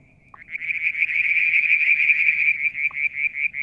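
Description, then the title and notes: Frog calling with a sustained fast pulsed trill at a high steady pitch, starting after a quiet moment, with a couple of brief clicks. Striped marsh frog, Verreaux's tree frog and an unidentified frog calling one evening near a water tank at Mount Wilson, New South Wales, Australia, July 2022. "Frog song, Mount Wilson, New South Wales, Australia in July 2022 – by Alexander Moffatt. Limnodynastes Peronii, Litoria Verreauxii and a mystery frog one evening near the water tank"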